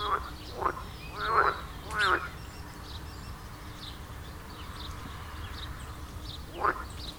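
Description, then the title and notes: Frogs croaking in a few scattered bursts of rasping notes, with a long quiet gap before the last one. Frogs at the village pond in Wohlsborn, Germany; recorded with a TASCAM DR-40X. "Wohlsborn, Deutschland - Froschkonzert. Frog concert. Froschkonzert am Dorfteich in Wohlsborn. Aufgenommen mit TASCAM DR-40X"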